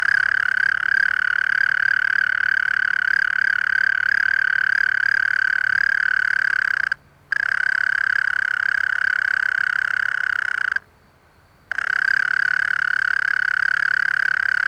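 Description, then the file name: European mole cricket producing a long, even churring trill, interrupted by two short silent pauses before resuming at the same pitch. "Gryllotalpa gryllotalpa"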